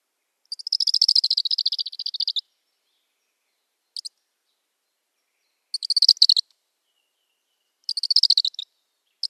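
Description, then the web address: Black kite nestling uttering repeated rattling trills, a long two-second chatter followed by shorter bursts every couple of seconds. "Schulze Peter Black Kite nestling"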